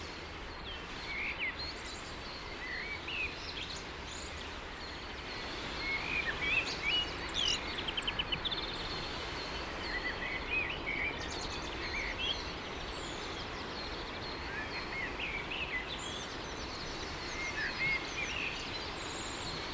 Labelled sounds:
Common Blackbird (Turdus merula) song

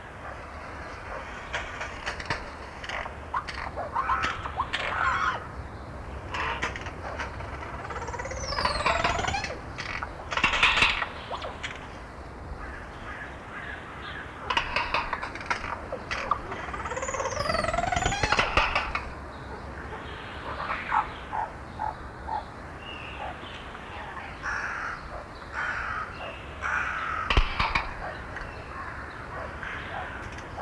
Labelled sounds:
Crested Oropendola (Psarocolius decumanus) call

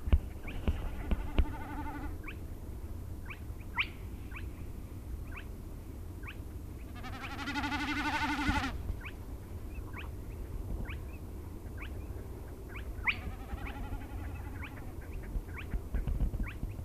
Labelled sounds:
Common Snipe (Gallinago gallinago) bleating

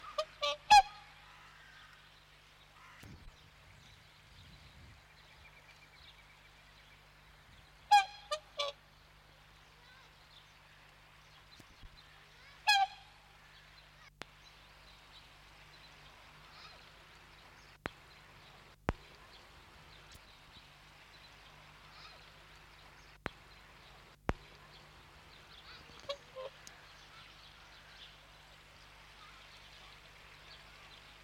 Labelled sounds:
Whooper Swan (Cygnus cygnus) call

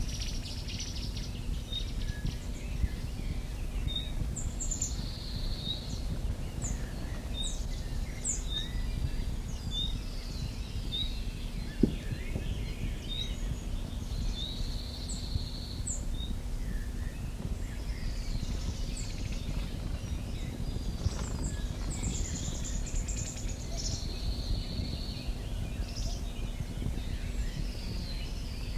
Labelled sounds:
Cirl Bunting (Emberiza cirlus)

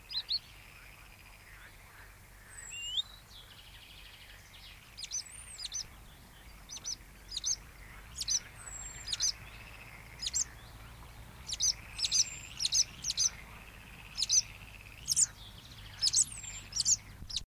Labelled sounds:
Icterine Warbler (Hippolais icterina) song

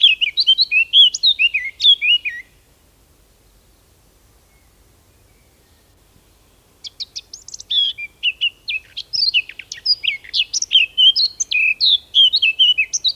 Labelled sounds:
Eurasian Blackcap (Sylvia atricapilla) song

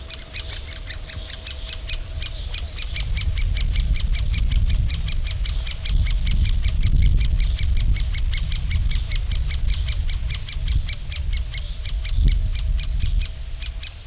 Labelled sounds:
Great Spotted Woodpecker (Dendrocopos major) begging call

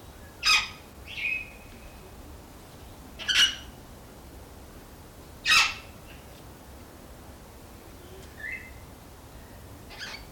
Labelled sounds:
Major Mitchell's Cockatoo (Lophochroa leadbeateri) call

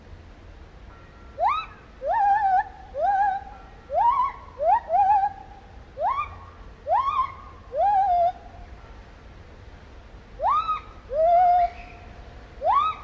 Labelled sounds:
Lar Gibbon (Hylobates lar)

